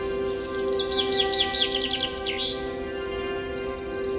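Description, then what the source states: Bird song as a quick series of descending high chirps, then a sweeping up-and-down whistle, over a steady humming background tone. Forest setting with birds chirping.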